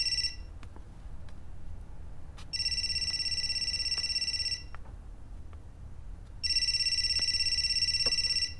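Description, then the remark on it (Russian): A telephone rings in long, high-pitched trilling bursts, a short one at the start and then two full rings separated by pauses of quiet, with no one speaking. “Подходит к телефону.”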